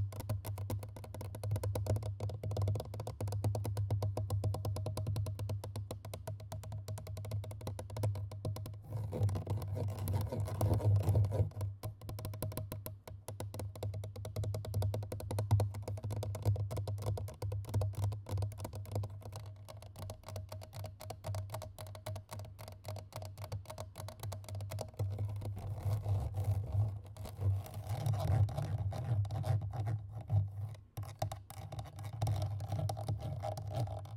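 Fast, aggressive scratching and tapping on a microphone, with rapid clicks packed tightly together for the whole half minute. A heavy low thump runs underneath the rasping strokes, and the pace hardly lets up, easing only briefly near the end.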